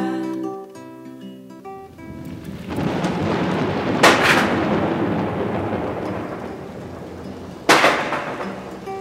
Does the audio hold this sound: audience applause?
no